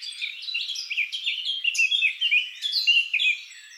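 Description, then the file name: Eurasian blackcap singing a continuous, fast jumble of mellow warbled notes and short sweeps, fairly even in loudness throughout. "Sylvia atricapilla"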